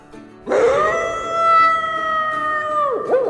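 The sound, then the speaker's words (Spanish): A single long wolf howl that swells in with a slight upward slide, holds a steady, loud, tonal pitch for a few seconds, then wavers and drops away at the end. “Seguía aullando.”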